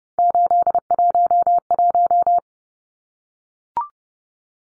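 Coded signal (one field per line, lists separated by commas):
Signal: Morse code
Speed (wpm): 30 wpm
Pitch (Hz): 700 Hz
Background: none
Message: 811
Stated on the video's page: Head-copy drill of three-digit numbers sent in Morse at 30 wpm, each number sent, then spoken, then sent again.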